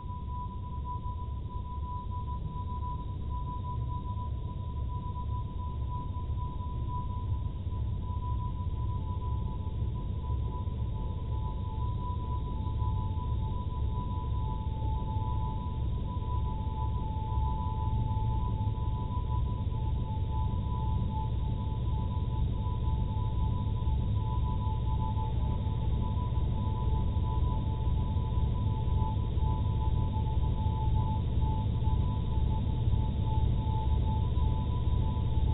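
A processed Niagara Falls roar forms a dense, low, grumbling rumble with a fast pulsing beat running through it. A thin steady tone hovers above, wavering slightly, while the whole sound swells gradually louder over the half minute, with no bright top end.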